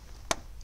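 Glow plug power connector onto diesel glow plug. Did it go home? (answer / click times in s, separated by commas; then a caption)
yes / 0.3 s. On an Opel/Vauxhall 1.6 CDTI diesel, the glow plug supply wire connector for cylinder 4 is pushed down onto the glow plug terminal. It gives one short, sharp click at 0.3 s, followed by a much fainter tick at 0.6 s. The connector is seated on the glow plug.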